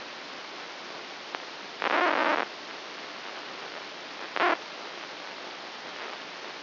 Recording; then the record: brain microelectrode recording played as sound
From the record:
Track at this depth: inside the subthalamic nucleus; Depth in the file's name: 2.404 mm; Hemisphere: right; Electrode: 2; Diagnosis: Parkinson's disease